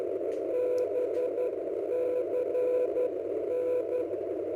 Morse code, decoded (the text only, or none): BCN